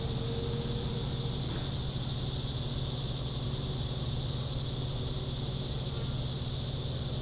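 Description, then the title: Cicadas keep up a continuous high buzz, with a short faint tone early on and a steady low rumble throughout. Summer cicadas. "neoscenes: summer cicadas"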